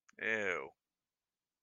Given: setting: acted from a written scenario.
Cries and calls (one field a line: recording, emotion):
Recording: vocal sound without words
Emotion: disgust